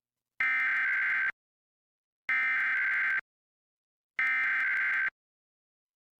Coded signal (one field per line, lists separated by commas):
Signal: Emergency Alert System (SAME) tones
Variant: header bursts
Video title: Santa Barbara Required Monthly Test (EAS #1223-1225) 9/6/23